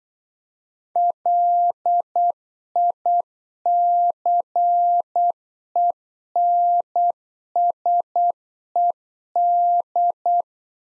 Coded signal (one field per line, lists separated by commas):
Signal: Morse code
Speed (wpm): 8 wpm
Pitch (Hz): 700 Hz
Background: none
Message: LICENSED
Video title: Practice QSO - Exchange 3- More Info - 8wpm